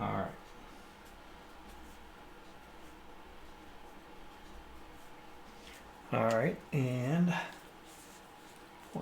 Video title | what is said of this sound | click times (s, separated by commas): Beginner’s Guide to Drawing Dogs – Basset Hound Marker Tutorial | to hear the snap. I don't hear the snap. | none